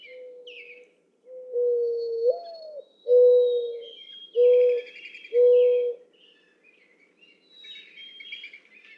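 Mourning dove cooing song: a soft coo, a rising, upslurred note, then three even, hollow coos about a second apart, with thin chirps of other birds above.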